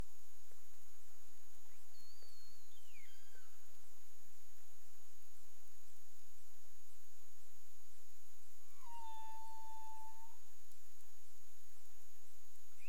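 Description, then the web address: Humpback whale: a faint falling sweep early on, then a sustained level tonal note with overtones, over steady hiss. Recorded in the Caribbean on 30 April 2035 at 03:23 UTC. "CARIMAM clean data humpback whale"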